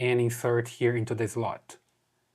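Someone talks while a microSD card, flipped to the right orientation, is being inserted into the card slot of an H88 action camera. The card has not seated or clicked yet when the clip ends.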